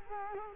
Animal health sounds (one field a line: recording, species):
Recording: mosquito wingbeat signal from an infrared sensor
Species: Culex quinquefasciatus